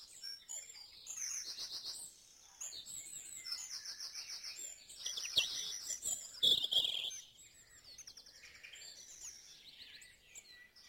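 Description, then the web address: Dawn chorus of many birds singing together, dense high chirps, warbles and trills overlapping, louder bursts around the middle. Dawn chorus in Mold, North Wales. "beanstalk-audio Dawn Chorus in Mold North Wales"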